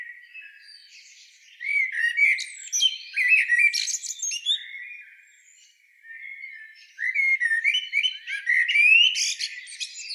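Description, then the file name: Common blackbird song in two bursts, each a rich mix of fluty whistles and thin high-pitched chatter, separated by a brief lull of softer notes. "Turdus merula"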